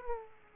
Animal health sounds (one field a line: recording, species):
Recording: mosquito wingbeat signal from an infrared sensor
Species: Aedes aegypti